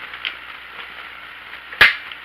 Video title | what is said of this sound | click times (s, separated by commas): Ring Lapping and Scope Mounting Lab | And when we hear a click, knows that we're at the proper inch-pounds that we should be at. | 1.8 s